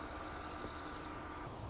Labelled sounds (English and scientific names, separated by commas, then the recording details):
Dark-eyed Junco (Junco hyemalis)
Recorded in Sonoma County, California